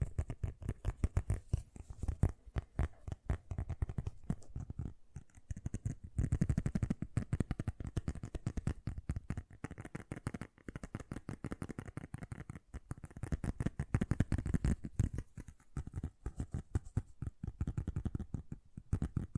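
Fast, gentle tapping in rapid dense bursts, mostly soft and low, with brief pauses around five and thirteen seconds before resuming.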